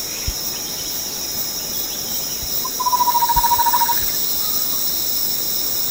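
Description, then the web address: Chestnut-winged babbler call: a quick, monotone trill of low hollow notes over about a second, set against continuous shrill insect noise. Sepilok, Borneo, 6 August 2009. "SEPILOK 20090806. chestnut-winged babbler"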